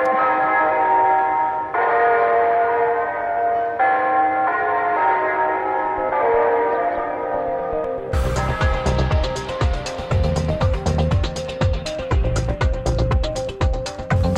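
church bells ringing

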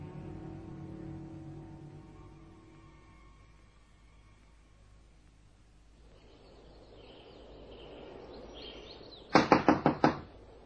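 knocking on a door

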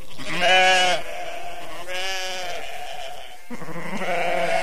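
sheep bleating

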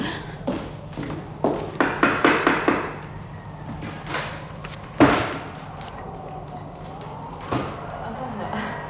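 door being opened

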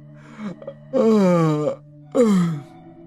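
yawn

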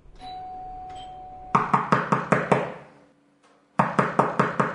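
knocking on a door

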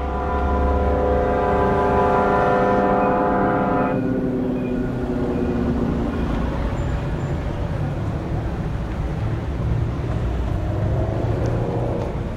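street traffic

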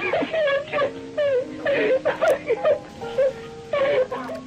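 child crying and wailing

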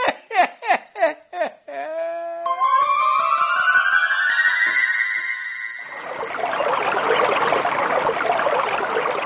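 water lapping

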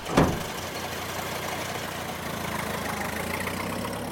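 car engine driving away

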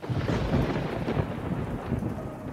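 thunder rumbling

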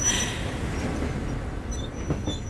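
train running on rails

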